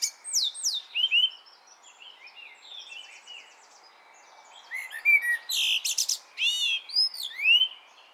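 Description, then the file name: Common blackbird singing mellow whistled notes that drift into softer, scratchy sub-phrases before a louder burst of high squeaks and rising whistles. "Turdus merula"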